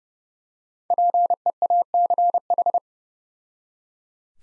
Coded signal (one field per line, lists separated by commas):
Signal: Morse code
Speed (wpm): 30 wpm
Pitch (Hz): 700 Hz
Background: none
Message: PEACH